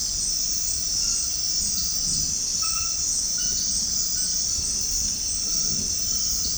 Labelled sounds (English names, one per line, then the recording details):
none
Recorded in secondary vegetation near Puerto Asís, Putumayo, Colombia, on 13 March 2025 at 22:00
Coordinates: 0.502, -76.326
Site G100